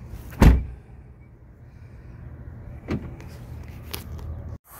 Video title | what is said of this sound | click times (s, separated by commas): 23 June 2024 | hold mo lang itong handle na ito ki-click then | 0.4 s